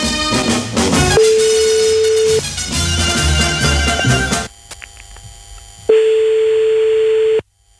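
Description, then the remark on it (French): An outgoing prank phone call placed on the radio show Mikl No Limit: a telephone ringback tone sounds twice, each a steady mid-pitched beep lasting over a second with a long pause between, the first over background music that cuts out before the second ring. “C'est parti, on y va, on appelle.”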